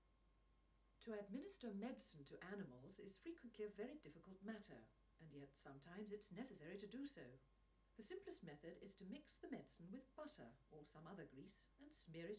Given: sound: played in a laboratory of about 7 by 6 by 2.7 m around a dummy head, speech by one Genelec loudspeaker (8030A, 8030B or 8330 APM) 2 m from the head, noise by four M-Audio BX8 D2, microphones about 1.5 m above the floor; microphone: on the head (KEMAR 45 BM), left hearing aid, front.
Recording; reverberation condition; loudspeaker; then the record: female speech in English; low; in front (0 degrees)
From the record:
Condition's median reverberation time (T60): about 310 ms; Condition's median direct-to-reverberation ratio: about 3.5 dB